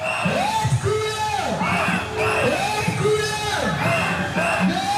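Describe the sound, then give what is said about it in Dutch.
A large crowd of hundreds to thousands of people, marching behind a small car in the March of the Last Chance for the release of hostages, shouts in unison, chanting a rising-and-falling phrase repeated about every second and a half. The voices are loud and dense, with a steady roar of many people underneath. “Honderden, duizenden mensen lopen achter het autootje aan.”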